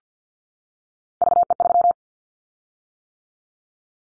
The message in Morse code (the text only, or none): VE3